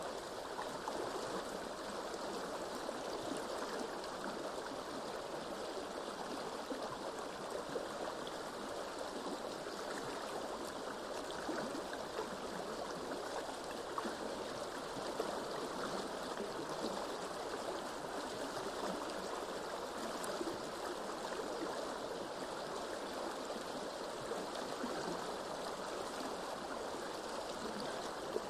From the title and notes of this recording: Soothing River Sound - Water Flowing Clearly and Consistently in Nature.